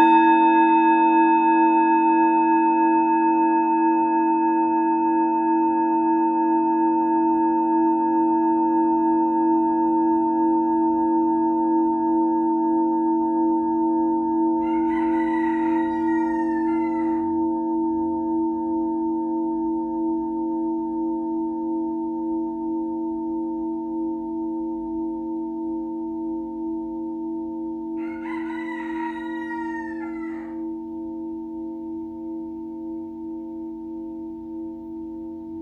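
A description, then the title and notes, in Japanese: A bantam chicken breaks in twice, with short bright squawks at about 15 and 29 seconds. Underneath, a singing bowl rings steadily from the start with a low, rich hum and clear upper tones, slowly fading across the whole clip. チャボが乱入。シンギングボウルの音。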